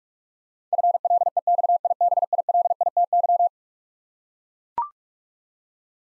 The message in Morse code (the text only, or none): FLEXIBILITY